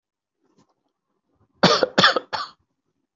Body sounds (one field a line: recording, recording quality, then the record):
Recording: shallow voluntary cough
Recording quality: excellent, no background noise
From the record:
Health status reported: healthy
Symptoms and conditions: hypertension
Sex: male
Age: 44 years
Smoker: not ticked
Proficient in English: yes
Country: India